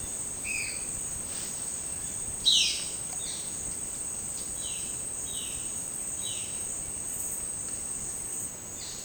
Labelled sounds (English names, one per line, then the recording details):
Violaceous Jay
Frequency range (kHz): Violaceous Jay 1.6-7.9 kHz
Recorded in secondary vegetation near Puerto Asís, Putumayo, Colombia, on 25 June 2025 at 11:30
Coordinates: 0.484, -76.319
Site G074